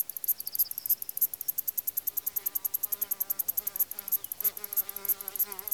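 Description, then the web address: Cricket chirping in fast, steady high-pitched pulses, several per second, while soft wavering whistled tones sound underneath in the second half. Countryside, Greece. "BBC Sound Effects Library- (Greece) Countrysde crikets"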